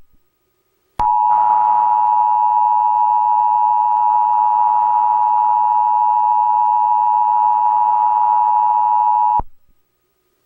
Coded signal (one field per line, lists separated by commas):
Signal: Emergency Alert System (SAME) tones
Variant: 853 and 960 Hz attention tone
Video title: (EAS Archive!) Emergency Alert System California Tsunami Warning March 11, 2011